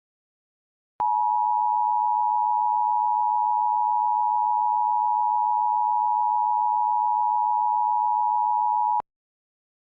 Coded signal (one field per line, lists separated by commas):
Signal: Emergency Alert System (SAME) tones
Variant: 853 and 960 Hz attention tone